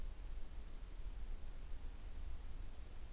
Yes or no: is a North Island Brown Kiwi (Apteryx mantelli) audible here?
no